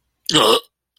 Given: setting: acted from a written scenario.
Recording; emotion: vocal sound without words; disgust